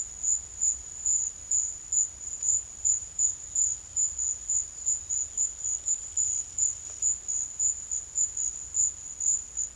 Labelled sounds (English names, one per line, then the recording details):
none
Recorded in secondary vegetation near Puerto Asís, Putumayo, Colombia, on 23 June 2025 at 11:30
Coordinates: 0.500, -76.326
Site GP08